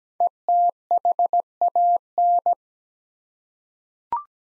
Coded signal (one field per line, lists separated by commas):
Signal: Morse code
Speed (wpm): 17 wpm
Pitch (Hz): 700 Hz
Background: none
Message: ETHAN